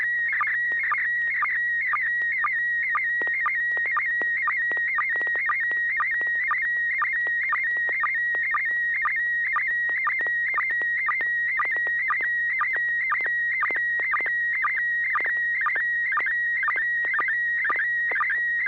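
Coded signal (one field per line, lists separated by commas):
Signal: SSTV (slow-scan television)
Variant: PD120 mode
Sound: steady warbling tone near 1.9 kHz, interrupted by a short low blip about twice a second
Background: low hum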